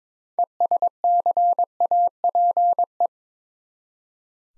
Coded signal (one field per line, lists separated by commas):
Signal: Morse code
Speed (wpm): 22 wpm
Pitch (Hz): 700 Hz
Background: none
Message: ESCAPE